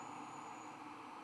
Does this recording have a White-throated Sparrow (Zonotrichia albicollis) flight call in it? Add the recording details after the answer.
no. No flight call is heard. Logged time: 22:03 on 15 December 2014